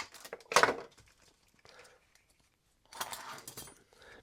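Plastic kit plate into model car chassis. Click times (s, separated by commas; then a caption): 0.5 s. A plastic plate from an Airfix Vodafone McLaren Mercedes MP4-21 scale model car kit is pressed into place on the chassis. It clicks in with a sharp snap at 0.5 s, followed by a burst of plastic rattle. Quieter handling rustles follow, with a longer spell of handling noise around 2.9 to 3.7 s.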